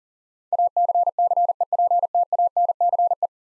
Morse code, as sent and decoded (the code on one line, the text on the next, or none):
.- -.-. -.-. . .--. - .- -. -.-. .
ACCEPTANCE